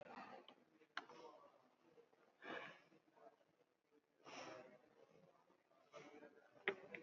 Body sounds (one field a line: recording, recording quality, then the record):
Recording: shallow breathing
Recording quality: moderate, slight background noise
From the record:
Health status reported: COVID-19 positive, mild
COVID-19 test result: positive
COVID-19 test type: RT-PCR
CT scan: not taken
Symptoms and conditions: fatigue, muscle pain, diarrhoea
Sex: male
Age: 37 years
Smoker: no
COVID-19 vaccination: both doses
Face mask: worn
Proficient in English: yes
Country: India